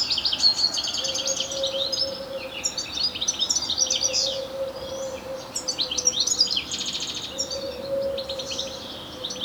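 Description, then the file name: European goldfinch chattering continuously, bright jingling twitters and quick buzzy trills, with an intermittent low droning hum. "Carduelis carduelis"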